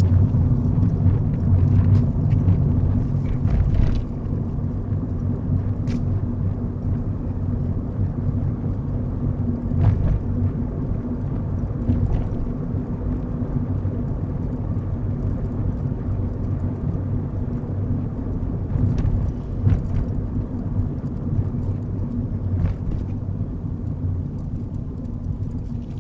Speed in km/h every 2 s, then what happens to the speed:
35, 35, 39, 40, 42, 44, 44, 42, 39, 35, 31, 26, 21.
0-13 speeds up to 44. 13-26 slows to 21.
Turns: none.